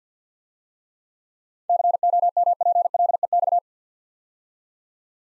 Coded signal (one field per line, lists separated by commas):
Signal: Morse code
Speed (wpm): 53 wpm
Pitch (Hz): 700 Hz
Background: none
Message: COMPLEX